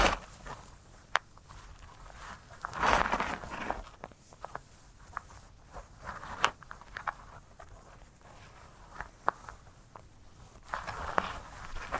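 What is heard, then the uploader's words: Handling a sunflower head produces dry crackles and rustles, with sharp snaps around two, six, nine and eleven seconds over quiet pauses. ASMR of a Sunflower Head (No Talking).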